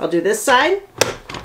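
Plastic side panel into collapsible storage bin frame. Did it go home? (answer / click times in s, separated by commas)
yes / 1.0 s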